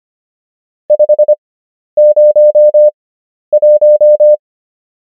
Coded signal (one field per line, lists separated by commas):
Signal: Morse code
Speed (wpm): 25 wpm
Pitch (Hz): 600 Hz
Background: none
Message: 501